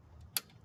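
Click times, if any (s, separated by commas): 0.4 s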